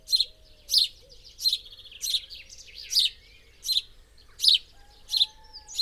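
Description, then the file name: House sparrow gives a series of harsh chirps spaced about two-thirds of a second apart, with thin fainter notes near the end. "Passer domesticus"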